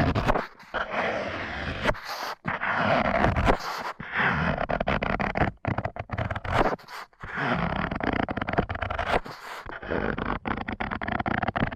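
Sensitive tingling sounds made on microphones covered with tape: dense, crinkly rustling and scratching that fills most of the time with a breathy, textured hiss. The sound comes in long bursts broken by brief silences roughly every one to two seconds.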